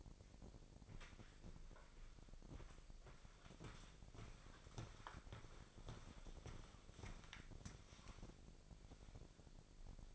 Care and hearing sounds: daily activity, microphone in the room; walk to room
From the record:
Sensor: 5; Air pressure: 999.5 hPa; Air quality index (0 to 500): 216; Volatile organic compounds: 19 ppm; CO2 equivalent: 2645 ppm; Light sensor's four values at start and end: 35/81/32/31 and 31/65/28/29

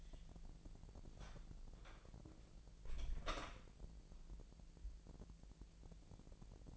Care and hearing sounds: daily activity, microphone in the room; close door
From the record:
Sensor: 5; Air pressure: 1001.4 hPa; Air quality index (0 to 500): 249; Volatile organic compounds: 35 ppm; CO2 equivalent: 3062 ppm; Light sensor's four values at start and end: 36/84/33/32 and 36/84/34/32

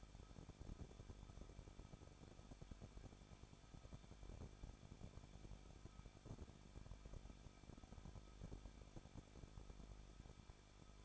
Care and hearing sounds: daily activity, microphone in the room; no activity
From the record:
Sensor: 5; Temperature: 20.9 degrees Celsius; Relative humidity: 38.2%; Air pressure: 1006.4 hPa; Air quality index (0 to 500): 190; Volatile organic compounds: 20 ppm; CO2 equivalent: 2674 ppm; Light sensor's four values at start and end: 2/3/1/1 and 2/3/1/1

